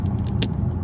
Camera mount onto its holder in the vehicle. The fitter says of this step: there we go. I heard a click.